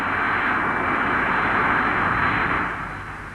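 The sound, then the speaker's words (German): A large airliner taxiing in: a steady, loud roar of big jet engines with a broad midrange whine and a low rumble underneath, holding constant before easing slightly at the end. “Und als sie heranrollte, war sie auch nicht mehr zu übersehen. Und schließlich sah sie auch nicht mehr aus wie alle anderen Flugzeuge.”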